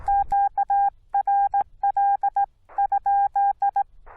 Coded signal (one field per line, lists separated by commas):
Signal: Morse code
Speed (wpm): 16 wpm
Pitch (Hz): 800 Hz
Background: none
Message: QRL?